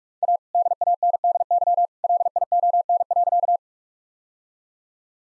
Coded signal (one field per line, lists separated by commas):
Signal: Morse code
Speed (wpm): 46 wpm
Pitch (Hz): 700 Hz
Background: none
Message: A DANDY LION.